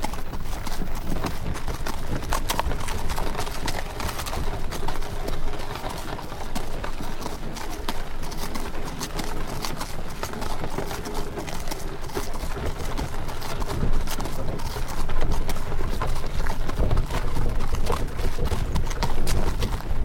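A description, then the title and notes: A horse carriage ride rolls on steadily, with a dense, continuous rumble and rattle of wheels filling the low end. Hoof clip-clops tap through it at a fairly regular pace, and faint voices surface now and then. The level stays even, swelling slightly near the end. Relaxing Horse Carriage Ride Sounds.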